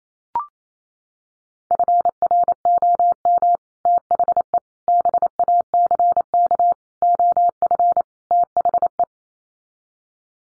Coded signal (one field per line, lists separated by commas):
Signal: Morse code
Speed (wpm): 28 wpm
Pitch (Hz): 700 Hz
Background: none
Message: FROM THE BACK OF THE